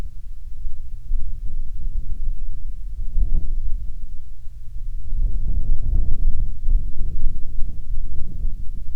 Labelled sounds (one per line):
wind